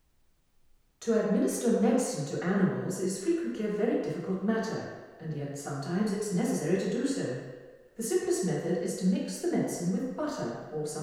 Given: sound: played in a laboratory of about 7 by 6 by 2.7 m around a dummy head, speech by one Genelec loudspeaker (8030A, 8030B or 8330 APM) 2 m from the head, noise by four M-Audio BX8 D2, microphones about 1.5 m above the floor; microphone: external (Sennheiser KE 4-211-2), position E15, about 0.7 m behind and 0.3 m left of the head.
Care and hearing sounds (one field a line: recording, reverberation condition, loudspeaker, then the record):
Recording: female speech in English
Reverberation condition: high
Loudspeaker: 30 degrees to the left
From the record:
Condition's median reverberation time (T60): about 1300 ms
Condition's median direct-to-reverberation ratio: about -4.0 dB